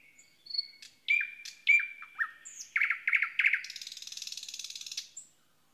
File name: luscinia luscinia